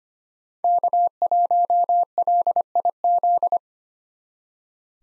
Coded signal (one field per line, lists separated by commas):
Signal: Morse code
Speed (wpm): 25 wpm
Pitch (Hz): 700 Hz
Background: none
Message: K1LIZ